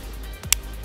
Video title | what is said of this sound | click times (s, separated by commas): SANDMARC LENSES - Get The MOST Out Of Your Smartphone Camera - Review On Sandmarc Wide Lens | between here and you'll hear you'll hear a click just | 0.5 s